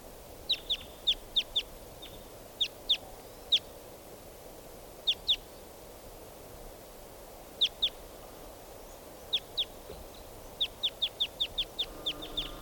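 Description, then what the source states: Red Crossbill (type 2): sharp downslurred chips, given in pairs and in quick runs of several, separated by pauses. Type 2 bird coming closer, perched in a tree right above the recordist; in a gully.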